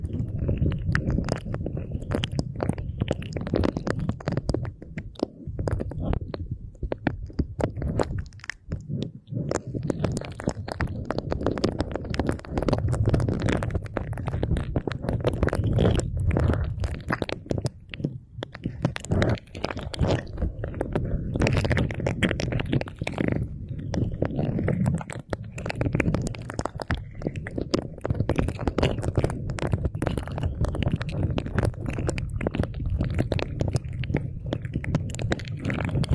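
Ear cleaning with no voice: a continuous run of scratchy, crackling rubs and soft thuds over a deep muffled rumble. The scraping stays dense and fairly even for the whole length, with brief quieter dips near 6, 9 and 18 seconds.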